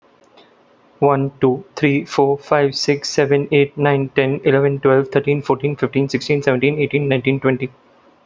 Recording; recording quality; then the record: counting at a fast pace; excellent, no background noise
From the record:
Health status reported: healthy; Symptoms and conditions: none ticked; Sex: male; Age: 28 years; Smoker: not ticked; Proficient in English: yes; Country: India